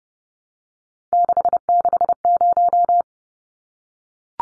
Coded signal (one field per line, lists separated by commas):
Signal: Morse code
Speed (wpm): 30 wpm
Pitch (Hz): 700 Hz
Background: none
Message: 660